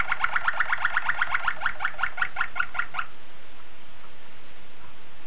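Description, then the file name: Waterslager canary song: a rapid run of bubbling pulsed notes lasting about three seconds before falling silent. Waterslager breed of canary. "suara kenari waterslager"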